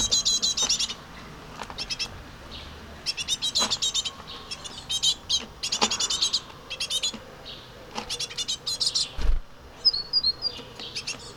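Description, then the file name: Tit nestlings begging loudly in rapid high-pitched chirping volleys. Short pauses separate the volleys. A dull thump comes near the end. Baby tit. "bebe mesange"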